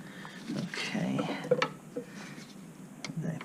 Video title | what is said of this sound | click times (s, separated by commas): 10 minute hood strut, hood lift repair. | Okay. I think we got that. Nope, we didn't get it. | none